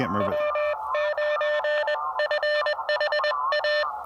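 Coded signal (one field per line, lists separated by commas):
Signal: Morse code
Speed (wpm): 20 wpm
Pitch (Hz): 600 Hz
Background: speech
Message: W9FHA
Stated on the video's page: State game land activation with an Elecraft KX2 at 5 watts into a not-so-resonant wire antenna.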